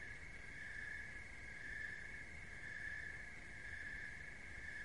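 Crickets chirping in a steady high trill that pulses about once a second, over a constant low rumble.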